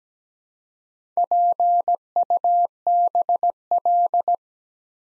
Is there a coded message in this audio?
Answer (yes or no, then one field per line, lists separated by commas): yes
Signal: Morse code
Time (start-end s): 1.2-4.4 s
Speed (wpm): 17 wpm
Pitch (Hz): 700 Hz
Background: none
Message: PUBL